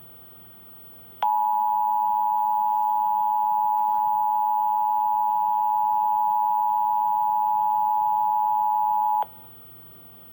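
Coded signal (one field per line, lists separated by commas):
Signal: Emergency Alert System (SAME) tones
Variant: 853 and 960 Hz attention tone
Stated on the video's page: Oregon required monthly test captured on a Trilithic EASyCAP and a Sage Endec.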